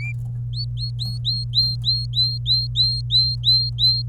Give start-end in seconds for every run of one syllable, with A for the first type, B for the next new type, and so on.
0.53-4.02 A